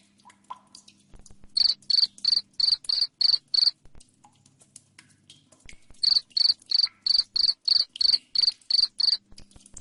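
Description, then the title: Cricket giving two bursts of rapid, evenly spaced high chirps, a short run then a longer one, with a quiet gap of soft clicks between. Loud cricket chirping, used to make lovebirds keep trilling. "Suara JANGKRIK NGERIK Keras Bikin LOVEBIRD Jadi NGEKEK Terus"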